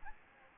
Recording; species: mosquito wingbeat signal from an infrared sensor; Anopheles gambiae